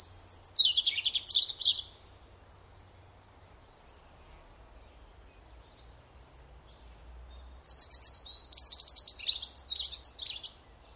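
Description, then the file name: European robin song: a high, fast trilling phrase at the start, several seconds of quiet, then a longer, bright, rapidly pulsing phrase of thin notes. "Erithacus rubecula"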